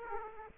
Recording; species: mosquito wingbeat signal from an infrared sensor; Aedes aegypti